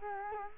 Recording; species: mosquito wingbeat signal from an infrared sensor; Culex quinquefasciatus